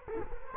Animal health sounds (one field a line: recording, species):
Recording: mosquito wingbeat signal from an infrared sensor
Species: Culex quinquefasciatus